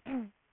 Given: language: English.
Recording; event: throat vibration sensor signal played as sound; throat clearing